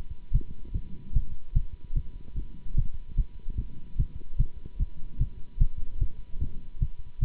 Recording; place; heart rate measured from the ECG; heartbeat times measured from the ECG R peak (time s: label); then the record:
heart sounds by stethoscope; between the tricuspid and mitral areas; 148 bpm
0.33 s: heartbeat
0.73 s: heartbeat
1.14 s: heartbeat
1.54 s: heartbeat
1.95 s: heartbeat
2.36 s: heartbeat
2.76 s: heartbeat
3.17 s: heartbeat
3.57 s: heartbeat
3.98 s: heartbeat
4.38 s: heartbeat
4.79 s: heartbeat
5.19 s: heartbeat
5.59 s: heartbeat
6.00 s: heartbeat
6.40 s: heartbeat
6.80 s: heartbeat
7.20 s: heartbeat
From the record:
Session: Bruce protocol treadmill stress test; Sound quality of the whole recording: good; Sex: male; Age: 24 years